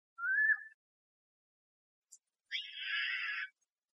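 Steller's jay calling: a short rising whistled note, then after a pause a single harsh, rasping buzz lasting about a second.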